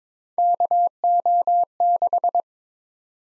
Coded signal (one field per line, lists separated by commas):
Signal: Morse code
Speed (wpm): 22 wpm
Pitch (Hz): 700 Hz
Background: none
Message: KO6